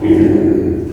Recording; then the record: squeal of a Yucatan mini pig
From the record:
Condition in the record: before surgery on the right vocal fold (resection and tissue-engineered implant); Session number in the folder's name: 2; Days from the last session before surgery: -15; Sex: female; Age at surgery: 19 weeks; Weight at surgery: 25 kg